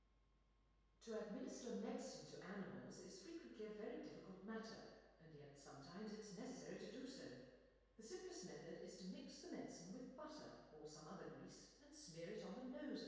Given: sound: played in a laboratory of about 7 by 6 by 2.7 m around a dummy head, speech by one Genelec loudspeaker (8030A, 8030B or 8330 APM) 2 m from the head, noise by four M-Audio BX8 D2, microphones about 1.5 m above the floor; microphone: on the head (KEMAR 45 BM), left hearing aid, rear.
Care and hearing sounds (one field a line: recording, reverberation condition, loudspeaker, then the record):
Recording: female speech in English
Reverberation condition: high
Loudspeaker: 90 degrees to the right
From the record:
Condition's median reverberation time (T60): about 1300 ms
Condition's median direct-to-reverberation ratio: about -4.0 dB